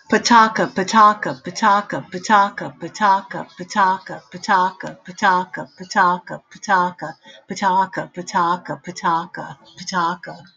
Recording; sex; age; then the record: repeated syllables /pa ta ka/; female; 60 to 69 years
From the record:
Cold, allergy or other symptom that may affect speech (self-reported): no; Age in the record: 64 years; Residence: New Jersey, United States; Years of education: 14